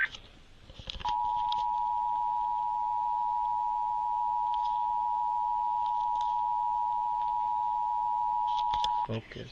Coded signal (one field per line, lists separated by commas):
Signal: Emergency Alert System (SAME) tones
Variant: 853 and 960 Hz attention tone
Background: speech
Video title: 24 YEARS OF LIVING... EAS Tests from August 2024 (EAS #4,964 - 4,976)